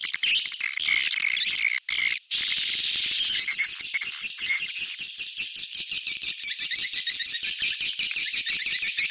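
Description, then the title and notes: Swiftlets chatter in a continuous high twitter of rapid pulsing chirps, after a short break early on. Swiftlet farming context, Asia. "Swiflet Bird Sound. Farming Swiflet Bird asia sound"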